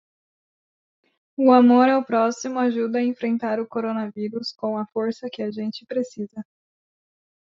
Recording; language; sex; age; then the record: spoken sentence; Brazilian Portuguese; female; 20 to 29 years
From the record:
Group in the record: control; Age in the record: 23 years